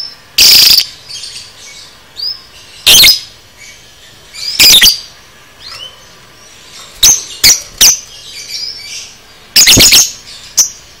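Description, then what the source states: Lovebird screeching in loud, piercing bursts at irregular intervals, sometimes doubled or tripled, with thin whistled chirps in between. Masteran training recording for teaching cage birds; lovebird type 'paud'.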